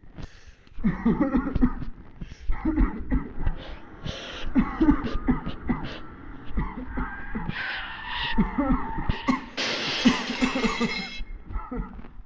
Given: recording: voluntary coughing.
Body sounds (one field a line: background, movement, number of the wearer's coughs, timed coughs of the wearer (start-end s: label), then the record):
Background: traffic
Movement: sitting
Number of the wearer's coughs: 22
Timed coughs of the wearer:
0.82-1.04 s: cough
1.04-1.29 s: cough
1.29-1.59 s: cough
1.59-1.88 s: cough
2.74-3.03 s: cough
3.09-3.34 s: cough
3.34-3.72 s: cough
4.52-4.84 s: cough
4.84-5.17 s: cough
5.25-5.55 s: cough
5.67-5.95 s: cough
6.55-6.95 s: cough
6.95-7.26 s: cough
7.26-7.60 s: cough
8.35-8.65 s: cough
8.65-9.11 s: cough
9.25-9.46 s: cough
10.02-10.34 s: cough
10.39-10.61 s: cough
10.61-10.92 s: cough
11.39-11.74 s: cough
11.74-12.02 s: cough
From the record:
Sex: male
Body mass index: 21.0 kg/m2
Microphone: on the chest, facing the body